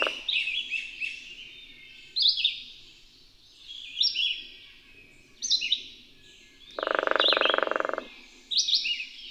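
Bird song of high, twittering phrases repeated every couple of seconds, interrupted once by a loud, lower buzzing rattle lasting about a second.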